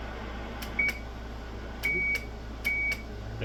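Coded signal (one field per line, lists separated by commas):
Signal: none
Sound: microwave oven beeps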